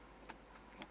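In a Lexus SC430 interior, the pop-out dual cupholder is folded away and the plastic wood-trim panel is closed over it into the center console. A faint tap comes near 0.3 s, then a single short, sharp click at 0.8 s as the panel clips closed and seats.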